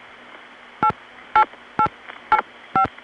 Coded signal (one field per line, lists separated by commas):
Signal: DTMF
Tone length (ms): 90 ms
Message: 8885